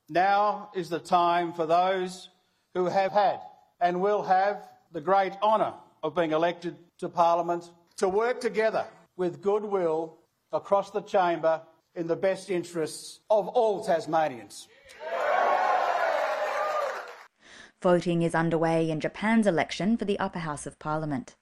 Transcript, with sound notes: Now is the time for those who have had - and will have - the great honour of being elected to Parliament to work together with good will across the chamber in the best interests of all Tasmanians." (applause) Voting is underway in Japan's election for the upper house of parliament.